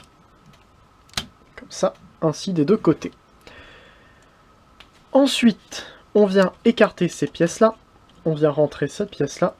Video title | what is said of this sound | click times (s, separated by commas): Leader's Legoformers : Jetfire | qui vient se clipser à cet endroit là ça | 1.2 s, 1.6 s